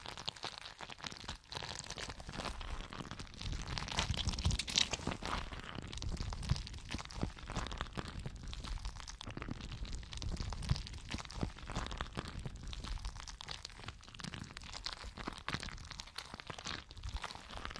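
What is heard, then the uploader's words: Jelly being squished and worked, with a dense, irregular stream of wet crackles, pops and squelches running through all eighteen seconds. The clicks come quickly and unevenly, some sharper than others, over a steady low rumble, and the overall level stays fairly even throughout. ASMR Stress Relieving Jelly Sounds For Sleep.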